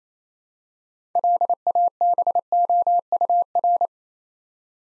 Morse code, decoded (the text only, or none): LABOUR